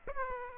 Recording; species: mosquito wingbeat signal from an infrared sensor; Aedes aegypti